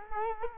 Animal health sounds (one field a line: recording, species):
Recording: mosquito wingbeat signal from an infrared sensor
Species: Culex quinquefasciatus